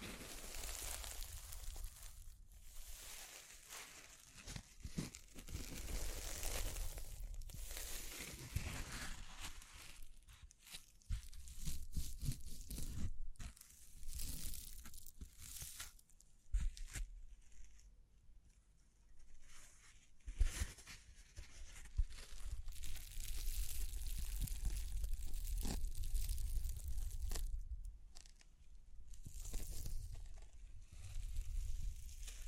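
Tapping, scratching and crinkling sounds come in irregular bursts of dry rustle and sharp clicks, with brief quiet gaps between busy stretches.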